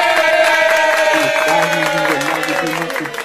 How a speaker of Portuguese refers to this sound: Tá dando falta pra equipe do ABC. A torcida do ABC tá bem agitada lá no Frasqueirão.